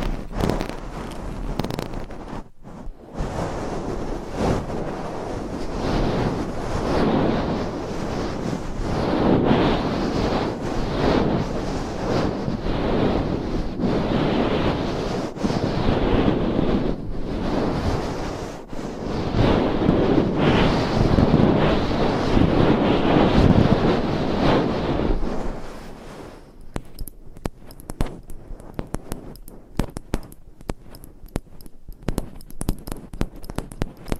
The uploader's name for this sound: Binaural Mic Scratching , Massage & Tapping